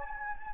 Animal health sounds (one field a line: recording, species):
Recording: mosquito wingbeat signal from an infrared sensor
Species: Anopheles gambiae